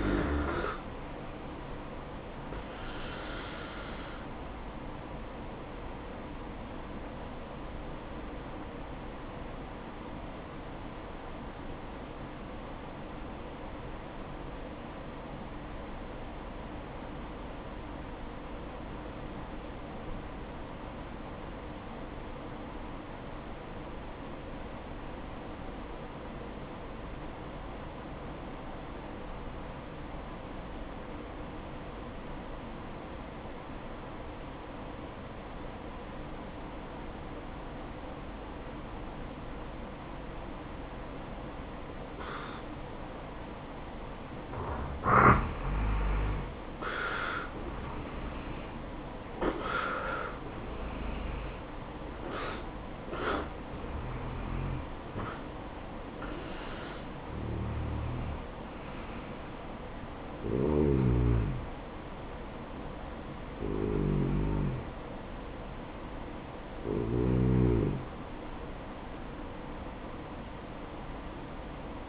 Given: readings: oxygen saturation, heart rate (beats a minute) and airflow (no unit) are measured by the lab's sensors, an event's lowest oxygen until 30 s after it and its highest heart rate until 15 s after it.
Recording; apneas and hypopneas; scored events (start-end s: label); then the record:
breathing in sleep by a voice recorder at the bedside; 1
6.00-72.09 s: new sleep stage, N1 (lightest sleep)
11.00-46.30 s: obstructive apnea (N1, oxygen 96% highest, then 85% lowest, heart rate 62 at the start, 72 highest)
From the record:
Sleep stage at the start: N2 (light sleep); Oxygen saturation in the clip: 85 to 96%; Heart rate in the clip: 57 to 72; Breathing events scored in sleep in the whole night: 573 in 9.8 hours asleep